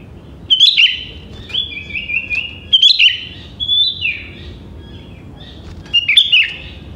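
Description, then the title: Sooty-headed bulbul song: lively runs of liquid chirps and gliding whistled notes, several phrases within seven seconds, with brief pauses between them. "Kutilang"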